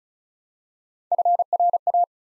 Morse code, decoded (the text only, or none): FRA